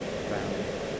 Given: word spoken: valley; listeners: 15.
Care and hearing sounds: one English word in noise, from a listening test; speech-shaped noise; -5.2 dB; 0 of 15; 8 of 15; 0.60 s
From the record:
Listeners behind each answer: 8, 1, 1, 1, 1, 1, 1, 1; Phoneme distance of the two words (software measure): 40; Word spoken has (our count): 2 syllables, 4 phonemes, stress on syllable 1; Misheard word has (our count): 1 syllable, 4 phonemes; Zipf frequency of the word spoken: 4.47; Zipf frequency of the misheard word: 5.58

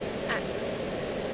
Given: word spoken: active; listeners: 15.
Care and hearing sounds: one English word in noise, from a listening test; speech-shaped noise; -6.8 dB; 2 of 15; 6 of 15; 0.94 s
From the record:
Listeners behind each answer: 6, 6, 2, 1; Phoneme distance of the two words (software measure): 10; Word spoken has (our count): 2 syllables, 5 phonemes, stress on syllable 1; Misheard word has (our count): 2 syllables, 5 phonemes, stress on syllable 1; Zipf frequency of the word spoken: 4.33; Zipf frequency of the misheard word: 4.55

